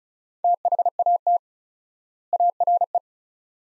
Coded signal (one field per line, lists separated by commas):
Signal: Morse code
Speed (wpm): 36 wpm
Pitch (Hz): 700 Hz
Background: none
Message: THAT ARE